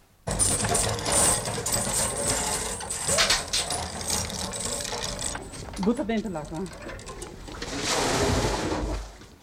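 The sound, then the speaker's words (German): A metal chain rattles and clinks steadily as a young girl hauls a bucket of water up a brick-built draw well with a small roof over the chain beam in a courtyard, with scraping mechanical clatter throughout and a brief voice partway through. “Und ein junges Mädchen muss, weil wir wissen wollen, wie das Wasser schmeckt, einmal mit der Kette und dem Eimer Wasser heraufholen.”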